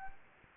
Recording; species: mosquito wingbeat signal from an infrared sensor; Anopheles gambiae